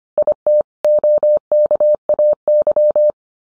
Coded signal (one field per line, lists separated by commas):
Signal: Morse code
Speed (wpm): 25 wpm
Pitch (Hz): 600 Hz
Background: none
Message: IT OKAY